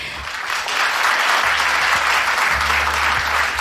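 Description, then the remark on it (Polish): An audience at a Polskie Radio Trójka event applauds to thank Agnieszka Szydłowska, a dense wash of clapping hands at a fairly loud, even level throughout, with a faint low hum underneath. “A teraz chciałabym podziękować serdecznie pani Agnieszce Szydłowskiej. Wielkie brawa.”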